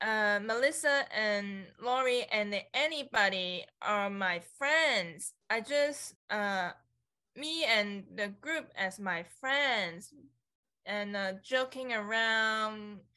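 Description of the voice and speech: Slow, halting speech from an adult stroke survivor with aphasia: stretched sounds, frequent pauses and broken, ungrammatical phrasing ("I just, me and the group as my friends"), with trouble finding words and building sentences while the voice itself stays clear. In hospital, speech was limited to yes and no.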